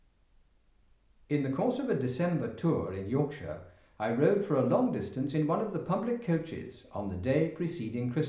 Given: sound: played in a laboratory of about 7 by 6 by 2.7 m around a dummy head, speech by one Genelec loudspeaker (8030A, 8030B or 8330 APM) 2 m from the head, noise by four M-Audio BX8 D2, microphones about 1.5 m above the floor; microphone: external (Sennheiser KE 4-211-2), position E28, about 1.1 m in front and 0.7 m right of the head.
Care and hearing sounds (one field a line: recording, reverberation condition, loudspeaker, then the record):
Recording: male speech in English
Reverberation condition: medium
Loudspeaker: 60 degrees to the right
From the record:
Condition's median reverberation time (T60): about 510 ms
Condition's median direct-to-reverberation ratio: about -0.5 dB